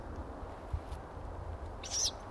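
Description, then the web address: Ural owl uttering one husky, high-pitched hissing call near the end after a stretch of faint background rumble. Recorded in May 2008. "viiru. birdersdiary toukokuu-2008"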